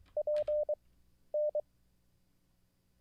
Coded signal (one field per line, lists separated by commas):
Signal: Morse code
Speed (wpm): 23 wpm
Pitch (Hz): 600 Hz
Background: none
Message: PN